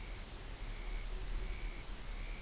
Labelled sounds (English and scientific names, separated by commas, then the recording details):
Dunlin (Calidris alpina)
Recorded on Arctic tundra, site UTQI-5, on 24 June 2018
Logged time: 12:00